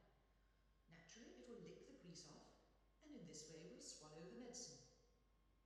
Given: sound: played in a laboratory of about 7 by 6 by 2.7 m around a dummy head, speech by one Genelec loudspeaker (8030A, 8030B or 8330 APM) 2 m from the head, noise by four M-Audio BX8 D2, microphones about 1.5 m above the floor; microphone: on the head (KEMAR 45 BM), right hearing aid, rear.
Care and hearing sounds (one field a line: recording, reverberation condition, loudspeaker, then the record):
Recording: female speech in English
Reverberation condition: high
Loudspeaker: 30 degrees to the right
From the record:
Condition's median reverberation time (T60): about 1300 ms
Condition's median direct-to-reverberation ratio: about -4.0 dB